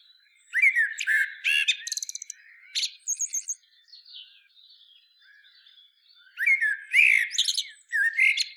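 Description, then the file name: Common blackbird song: warbled fluty notes with a fast trilled, squeaky tail, soft quiet notes in the middle, then another loud whistled phrase. "Turdus merula"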